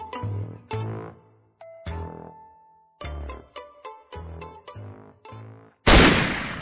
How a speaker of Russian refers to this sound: Одиночный выстрел АК-103 действительно пробил аккуратную дыру, одновременно выбив труху полузгнившего деревянного черена.